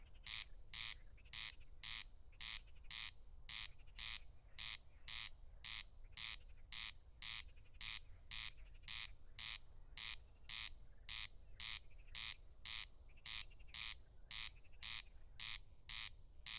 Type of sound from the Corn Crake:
song